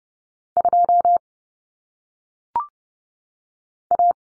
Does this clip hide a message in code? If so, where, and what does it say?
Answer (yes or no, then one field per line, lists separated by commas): yes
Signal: Morse code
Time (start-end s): 0.6-4.1 s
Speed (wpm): 30 wpm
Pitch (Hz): 700 Hz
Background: none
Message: 2 A